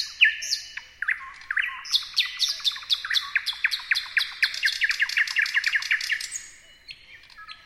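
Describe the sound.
Thrush nightingale song opening with descending whistled notes, then a long run of dry clicking pulses with high buzzes, fading out at the end.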